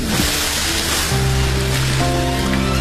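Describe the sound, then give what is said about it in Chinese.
A steady, loud wash of ocean surf fills the whole stretch, broad and hissing, with low sustained musical tones shifting pitch underneath, as someone jumps from the side of a ship into the sea. “银河冷冷一笑，走到船边跳入了大海。”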